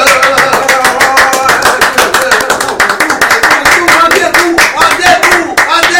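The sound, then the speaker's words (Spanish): The Cabaret Voltaire audience breaks into steady, loud applause for a guest, many hands clapping in a dense, crackling patter that holds for several seconds, with a few voices mixed in underneath. “Ruego un aplauso para ella.”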